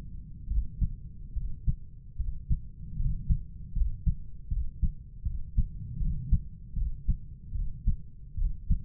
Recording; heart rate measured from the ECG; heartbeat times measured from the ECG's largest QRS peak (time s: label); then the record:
heart sounds by stethoscope; 76 bpm
0.51 s: heartbeat
1.37 s: heartbeat
2.20 s: heartbeat
3.00 s: heartbeat
3.76 s: heartbeat
4.52 s: heartbeat
5.26 s: heartbeat
6.01 s: heartbeat
6.77 s: heartbeat
7.55 s: heartbeat
8.38 s: heartbeat
From the record:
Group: healthy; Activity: cold pressor test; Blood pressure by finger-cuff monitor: 151/98 mmHg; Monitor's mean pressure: 113 mmHg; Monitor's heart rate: 71 bpm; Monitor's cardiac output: 7.7 L/min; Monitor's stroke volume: 107 mL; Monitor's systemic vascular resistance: 1130 dyn s/cm5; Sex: male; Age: 30 years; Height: 188 cm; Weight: 110.2 kg